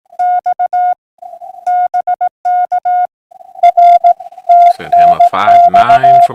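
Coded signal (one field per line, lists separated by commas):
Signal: Morse code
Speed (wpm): 16 wpm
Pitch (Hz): 690 Hz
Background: none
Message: X BK R TNX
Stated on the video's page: POTA hunting, working park activator stations on a Saturday morning.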